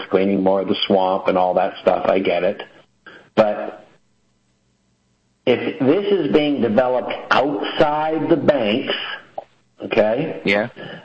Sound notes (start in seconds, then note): none